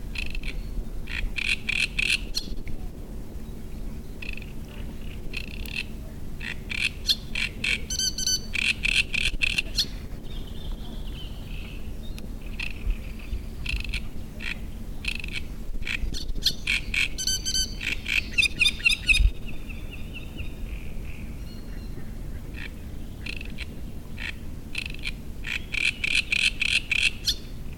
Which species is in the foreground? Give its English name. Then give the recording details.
Great Reed Warbler. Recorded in the wild. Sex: male. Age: adult. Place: Müggelsee, Berlin, DE. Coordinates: 52.43, 13.64. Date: 1991-06-07 19:25. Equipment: Uher 4400 Report Monitor, Sennheiser ME 80, K 30 AV. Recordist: Fischer, Stefan